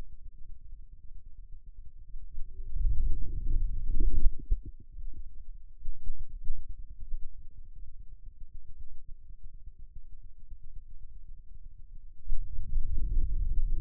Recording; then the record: forearm muscle sounds (acoustic myography)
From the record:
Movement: wrist flexion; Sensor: system 2, bracelet of six BSWA MPA416 microphones around the upper forearm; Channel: 6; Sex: male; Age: 22 years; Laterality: right